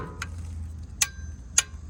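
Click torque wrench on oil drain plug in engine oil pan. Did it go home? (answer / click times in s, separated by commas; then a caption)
yes / 1.6 s. A click-type torque wrench set to about 30 ft-lb tightens the steel drain plug in the engine oil pan of a 2006 Tacoma Prerunner 4.0 V6. Sharp ticks come at 0.2 s and 1.0 s, possibly ratcheting, over a low steady hum. The loudest and last sharp click at 1.6 s is the wrench clicking off, confirming the plug is torqued to 30 ft-lb.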